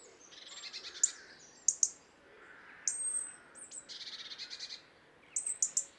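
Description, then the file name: European robin giving sharp high ticks and thin drawn-out whistles, in loose clusters. "Erithacus rubecula"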